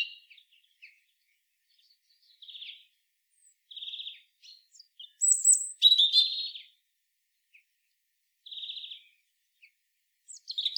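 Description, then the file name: European robin giving scattered short high notes and brief trilled fragments, with a louder tumbling burst of thin whistles midway, separated by quiet gaps. "Erithacus rubecula"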